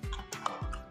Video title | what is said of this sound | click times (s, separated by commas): How to install main gate side lock and centre lock -- how to lock installation India 2019 | ये lock, अभी ये lock हो गया, अब ये गेट नहीं खुलेगा। | 0.5 s